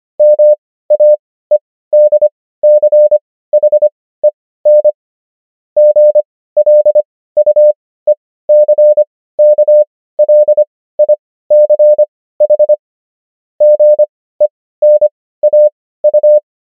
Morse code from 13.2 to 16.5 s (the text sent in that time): GENAU